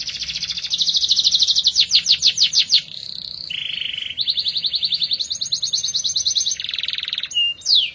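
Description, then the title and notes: Atlantic canary singing continuous rolling trills that shift up and down in pitch, closing with a sharp downslurred note. F1 canary; therapy recording meant for a canary that has stopped singing. "TERAPI KENARI MACET. Kenari F1"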